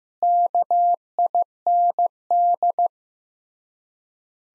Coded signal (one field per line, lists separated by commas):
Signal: Morse code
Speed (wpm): 15 wpm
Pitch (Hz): 700 Hz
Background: none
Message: KIND